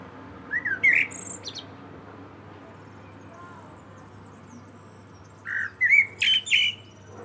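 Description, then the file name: Common blackbird song, a fluty warble with a high twittering tail, repeated after a pause of about four seconds; soft background hiss and hum. "Turdus merula"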